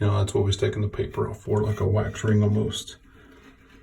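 A plastic flush valve base is handled over a toilet tank, about to be pushed down into it, while someone talks for most of the clip before it goes quiet near the end. Nothing has seated or clicked yet.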